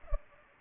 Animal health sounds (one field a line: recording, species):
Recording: mosquito wingbeat signal from an infrared sensor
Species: Culex pipiens